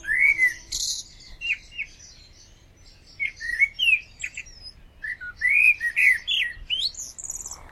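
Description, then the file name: Common blackbird singing fluted whistled notes mixed with high chattering twitters, in phrases broken by a short pause, after a brief noisy burst near the start; soft low background noise. "Turdus merula"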